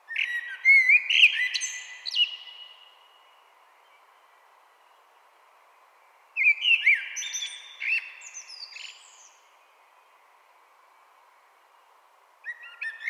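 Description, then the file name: Common blackbird singing repeated phrases every six seconds or so, each a mellow whistled start dissolving into high, scratchy twitters. "Turdus merula"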